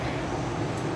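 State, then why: Not seated. Spark plug wire number 4 on a Porsche is handled as its end is screwed onto the spark plug terminal, with steady low-frequency rumble and broadband noise and no distinct click. Nothing has seated or clicked yet.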